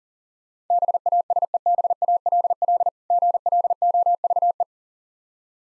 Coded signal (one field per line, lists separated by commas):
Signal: Morse code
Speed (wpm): 40 wpm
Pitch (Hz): 700 Hz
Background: none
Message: BASEBALL GLOVE